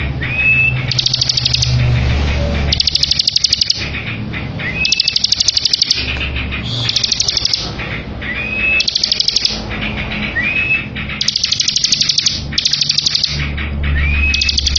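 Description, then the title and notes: Bar-winged prinia giving high trilled bursts again and again, with short rising whistles between them. Ngebren song of the bar-winged prinia, used as a tutor for training white-rumped shamas. "Ciblek Ngebren Untuk Masteran Murai Batu. Suara burung ciblek - Suara Nada"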